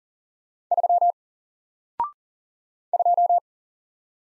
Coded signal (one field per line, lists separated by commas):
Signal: Morse code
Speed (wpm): 40 wpm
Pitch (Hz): 700 Hz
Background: none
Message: 3 2